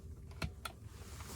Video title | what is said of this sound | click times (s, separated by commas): 2022 Tesla Model Y Long Range POV Test Drive & Review | and i like how they snap into place now i like how they did that | 0.4 s, 0.7 s